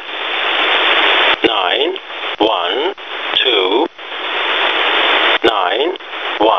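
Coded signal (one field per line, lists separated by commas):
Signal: numbers station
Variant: E07a, English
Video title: Russian E07a "English Man" number station at 7933 kHz (null message)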